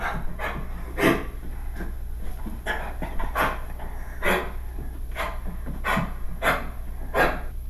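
Repeated forceful, hacking coughs from a dog with kennel cough, a sign of an irritated airway. Kennel cough has multiple causes, most commonly the bacterium Bordetella, typically together with a viral infection, and is spread between dogs by respiratory particles from coughing dogs.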